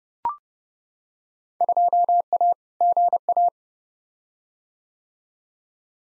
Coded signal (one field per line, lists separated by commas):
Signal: Morse code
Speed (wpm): 30 wpm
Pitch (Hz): 700 Hz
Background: none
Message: 2A GA